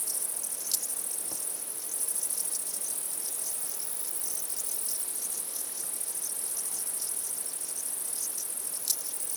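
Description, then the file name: Steady high-pitched cricket chorus, with a couple of sharper clicks standing out. Crickets at night. "Night Sounds, Cricket Sounds, Sounds of Nature Zone"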